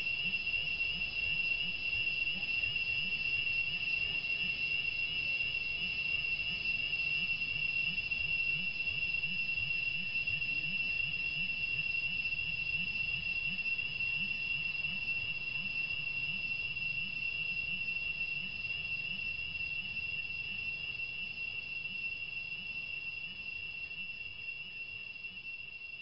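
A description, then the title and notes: Cicadas drone in a forest, a dense, unbroken high buzz with a sharp piercing whine holding steady throughout. Beneath it runs a soft low rumble and faint murmur, and the whole chorus eases slightly in loudness toward the end. Cicadas drone in forest.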